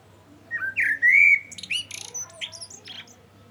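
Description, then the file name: Common blackbird song: a single rich phrase of rising and falling fluty whistles running into a quick series of thin, squeaky high notes. "Turdus merula"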